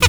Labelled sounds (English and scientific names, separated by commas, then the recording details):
Zebra Finch (Taeniopygia guttata) hat call
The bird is a female
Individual fem11